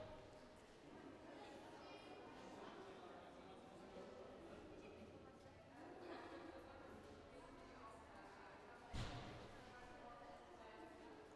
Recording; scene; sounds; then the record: everyday scene through a hearing-aid microphone; reverberant space; background noise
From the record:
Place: railway station hall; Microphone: behind the ear, right, front